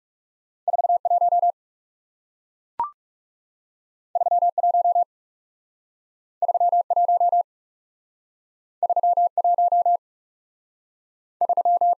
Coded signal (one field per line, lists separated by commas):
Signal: Morse code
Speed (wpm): 38 wpm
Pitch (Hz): 700 Hz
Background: none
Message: 4 1 3 1 3 1 3 1 3